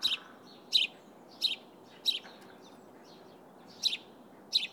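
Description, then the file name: House sparrow calls: clipped chirps, some doubled, repeated at irregular intervals with a brief pause midway, over low steady hiss. "Passer domesticus"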